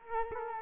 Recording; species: mosquito wingbeat signal from an infrared sensor; Culex quinquefasciatus